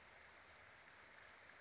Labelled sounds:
Brown Creeper
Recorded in Sonoma County, California

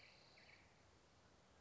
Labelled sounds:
Spotted Towhee
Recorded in Sonoma County, California

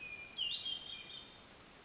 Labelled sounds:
Hermit Thrush
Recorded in Sonoma County, California

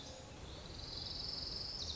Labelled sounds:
Orange-crowned Warbler
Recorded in Sonoma County, California

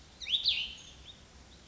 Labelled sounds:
Cassin's Vireo
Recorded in Sonoma County, California

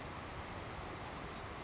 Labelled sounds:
Savannah Sparrow
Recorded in Sonoma County, California

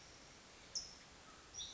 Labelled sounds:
California Towhee
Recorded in Sonoma County, California

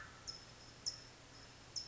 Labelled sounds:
California Towhee
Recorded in Sonoma County, California

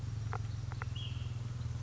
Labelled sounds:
Ash-throated Flycatcher
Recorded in Sonoma County, California

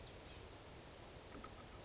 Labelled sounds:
Blue-gray Gnatcatcher
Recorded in Sonoma County, California

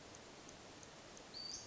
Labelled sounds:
Western Flycatcher
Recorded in Sonoma County, California

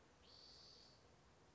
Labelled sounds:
Spotted Towhee
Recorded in Sonoma County, California

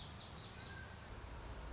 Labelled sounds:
Lazuli Bunting
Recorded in Sonoma County, California

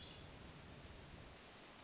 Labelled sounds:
Hermit Thrush
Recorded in Sonoma County, California

